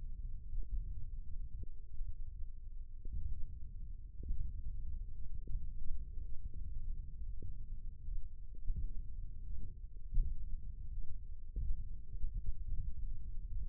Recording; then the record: forearm muscle sounds (acoustic myography)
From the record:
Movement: index flexion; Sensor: system 1, eight BSWA MPA416 microphones around the upper forearm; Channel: 2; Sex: male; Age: 20 years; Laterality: left